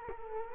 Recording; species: mosquito wingbeat signal from an infrared sensor; Culex quinquefasciatus